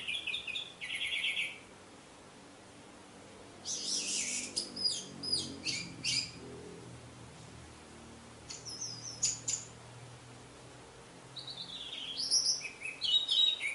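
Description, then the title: Orange-headed thrush singing scattered high phrases: whistled notes, buzzy rattles and chirps in separate bursts over a steady background hiss. "Anis Merah"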